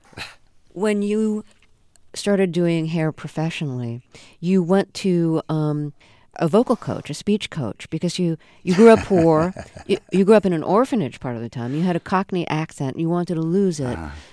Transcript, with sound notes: When you started doing hair professionally, you went to a vocal coach, a speech coach, because you grew up poor.
(SOUNDBITE OF LAUGHTER)
You grew up in an orphanage part of the time. You had a Cockney accent, and you wanted to lose it.